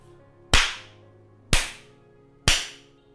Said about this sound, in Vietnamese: Ba cái tát rất mạnh